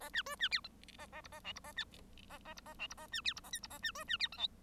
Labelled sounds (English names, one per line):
Bengalese Finch song